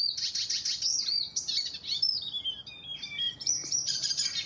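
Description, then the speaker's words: Icterine warbler singing a rapid, shrill stream of varied imitations, high twittering and screeching phrases running together with short whistled notes. Song of rapid imitations of common swift, barn swallow, Eurasian reed warbler, common tern and a few African species; summer visitor to the Netherlands, wintering in Africa. "Maar de soorten die het meest opvallen, dat zijn de gierzwaluw in het begin. En dan de boerenzwaluw, een kleine karrekiet en een visdief."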